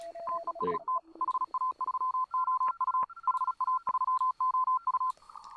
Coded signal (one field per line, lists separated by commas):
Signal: Morse code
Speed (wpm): 36 wpm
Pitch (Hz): 1030 Hz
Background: none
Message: TEST HA3OU HA3OU